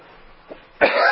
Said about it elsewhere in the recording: Recovering from a cold and had slight laryngitis. Well, there's still something not quite right with my throat. It's better than it was. Both of us are still coughing.